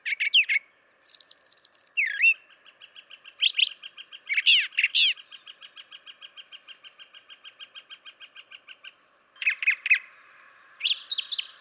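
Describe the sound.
Brown Thrasher singing bursts of sharp, varied chirps and slurred notes, interrupted by a long, even, pulsing buzzy trill in the middle.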